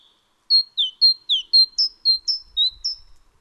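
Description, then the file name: Great tit call: a quick run of about ten high, sharp notes, some slurring downward, delivered over roughly two and a half seconds, then silence. "Parus major"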